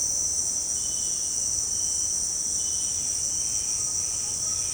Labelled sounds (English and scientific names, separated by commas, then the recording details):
none
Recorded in pastures near Puerto Asís, Putumayo, Colombia, on 22 June 2025 at 18:00
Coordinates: 0.496, -76.326
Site GP01